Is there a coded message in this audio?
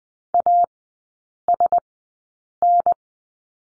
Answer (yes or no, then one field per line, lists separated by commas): yes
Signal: Morse code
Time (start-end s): 0.3-2.9 s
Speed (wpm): 20 wpm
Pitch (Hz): 700 Hz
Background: none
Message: ASN